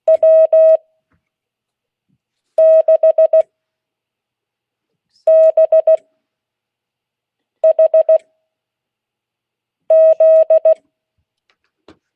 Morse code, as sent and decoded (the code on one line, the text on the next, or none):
.-- -.... -... .... --..
W6BHZ